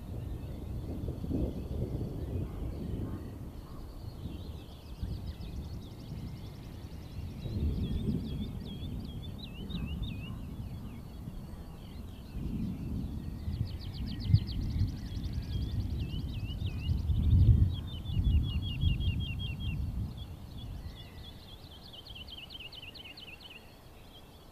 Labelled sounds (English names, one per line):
Wood Lark flight song